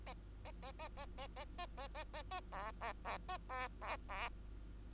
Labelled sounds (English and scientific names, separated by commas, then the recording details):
Bengalese Finch (Lonchura striata domestica) song
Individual Bird2